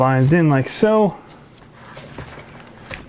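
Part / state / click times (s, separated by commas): gearbox assembly into RC truck chassis / seated / 2.9 s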